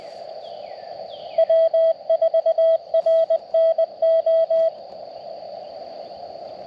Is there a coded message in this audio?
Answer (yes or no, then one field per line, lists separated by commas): yes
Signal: Morse code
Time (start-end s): 1.4-4.7 s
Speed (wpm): 20 wpm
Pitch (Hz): 660 Hz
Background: none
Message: W4RNO